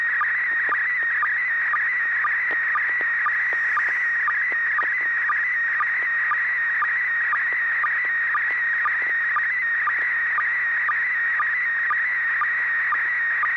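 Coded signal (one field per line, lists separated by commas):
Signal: SSTV (slow-scan television)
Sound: steady warbling whistle near 2 kHz with a quick low blip about twice a second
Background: FM hiss, low hum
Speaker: so bob at six pgq do you have a picture ready to send go ahead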